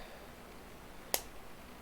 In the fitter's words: snap straighten I heard you guys heard that one that was satisfying snaps right in there perfect perfect perfect happy